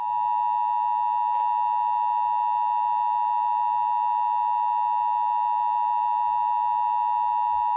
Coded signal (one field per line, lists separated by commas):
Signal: Emergency Alert System (SAME) tones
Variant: 853 and 960 Hz attention tone